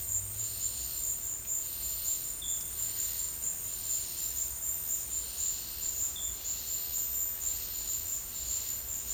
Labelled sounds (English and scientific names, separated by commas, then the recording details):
none
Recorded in dense forest near Puerto Asís, Putumayo, Colombia, on 22 December 2024 at 11:30
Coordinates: 0.485, -76.318
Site GP03